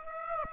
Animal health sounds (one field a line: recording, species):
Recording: mosquito wingbeat signal from an infrared sensor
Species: Aedes aegypti